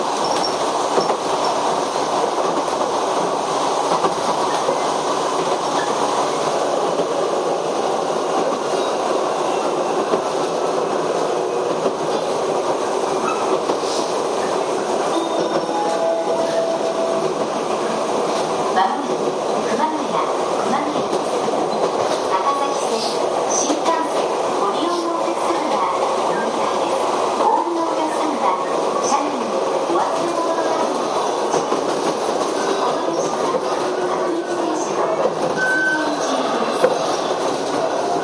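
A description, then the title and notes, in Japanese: A Chichibu Railway 7500 series train runs between Hanyu and Kumagaya, with a steady, dense rumble and hum from the moving car throughout. Faint clicks and rattles come through at irregular intervals, and a brief tone sounds around sixteen seconds, with murmured speech underneath. 秩父鉄道7500系 羽生ー熊谷。秩父鉄道本線 羽生→熊谷の区間で録音。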